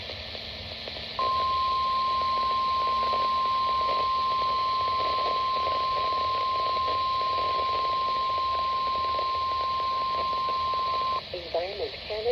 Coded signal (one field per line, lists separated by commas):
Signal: Emergency Alert System (SAME) tones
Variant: 1050 Hz attention tone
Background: speech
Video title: WRC RMT & RWT from 1/1/25 | EAS #174-175